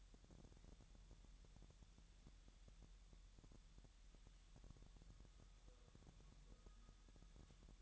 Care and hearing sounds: daily activity, microphone in the room; wipe stove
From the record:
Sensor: 3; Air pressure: 1001.1 hPa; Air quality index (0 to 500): 249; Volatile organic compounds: 181 ppm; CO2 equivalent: 4148 ppm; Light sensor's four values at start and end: 13/31/13/13 and 13/31/13/13

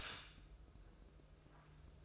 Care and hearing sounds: daily activity, microphone in the room; stop toaster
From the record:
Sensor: 2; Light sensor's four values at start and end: 16/53/21/20 and 16/53/21/20

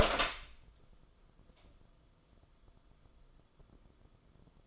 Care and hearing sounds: daily activity, microphone in the room; open door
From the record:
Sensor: 5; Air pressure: 994.4 hPa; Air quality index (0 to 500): 186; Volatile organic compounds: 1000 ppm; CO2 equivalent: 5477 ppm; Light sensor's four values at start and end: 20/51/21/25 and 24/60/25/29

